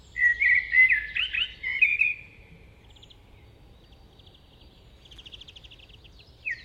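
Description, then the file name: Eurasian blackbird song: one mellow warbled phrase in the first two seconds, then faint high twittering over quiet background hiss. "Turdus merula"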